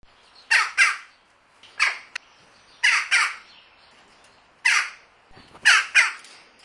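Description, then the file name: Red-rumped swallow calls: harsh, nasal notes, often in pairs, in short bursts every second or two with quiet gaps between. "Cdauricus"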